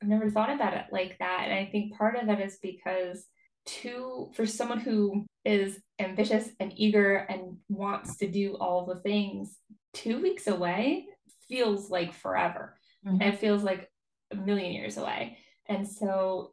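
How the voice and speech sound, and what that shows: An adult woman talks fluently at an easy conversational pace in a mid-pitched, clear voice, with natural pauses between phrases and a brief 'mm-hmm' from a listener. Voice quality, articulation and rhythm are typical, with no signs of a speech disorder.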